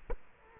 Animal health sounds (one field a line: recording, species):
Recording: mosquito wingbeat signal from an infrared sensor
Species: Culex quinquefasciatus